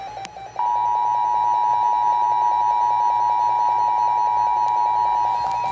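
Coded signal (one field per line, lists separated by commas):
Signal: Emergency Alert System (SAME) tones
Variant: 853 and 960 Hz attention tone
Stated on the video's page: Real Local Area Emergency alert that woke the listener at night, received on weather radios.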